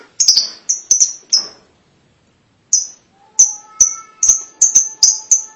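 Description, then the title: Lovebird calls as a string of short, piercing squeaks, several in quick pairs, with a faint steady tone in the background near the end. "Suara Burung Lovebird"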